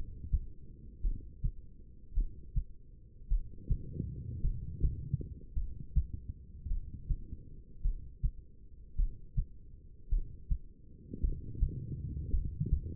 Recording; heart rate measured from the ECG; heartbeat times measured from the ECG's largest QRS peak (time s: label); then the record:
heart sounds by stethoscope; 53 bpm
1.01 s: heartbeat
2.14 s: heartbeat
3.28 s: heartbeat
4.41 s: heartbeat
5.53 s: heartbeat
6.67 s: heartbeat
7.82 s: heartbeat
8.96 s: heartbeat
10.09 s: heartbeat
11.20 s: heartbeat
12.30 s: heartbeat
From the record:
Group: heart failure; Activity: rest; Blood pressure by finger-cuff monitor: 82/62 mmHg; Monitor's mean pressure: 69 mmHg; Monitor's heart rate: 53 bpm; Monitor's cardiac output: 2.5 L/min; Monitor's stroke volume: 48 mL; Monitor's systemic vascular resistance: 1990 dyn s/cm5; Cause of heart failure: non-ischemic cardiomyopathy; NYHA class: 1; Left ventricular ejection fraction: 52%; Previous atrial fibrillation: present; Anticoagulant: apixaban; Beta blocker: bisoprolol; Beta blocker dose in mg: 10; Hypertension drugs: sacubitril-valsartan, spironolactone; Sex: female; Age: 68 years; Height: 169 cm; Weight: 71 kg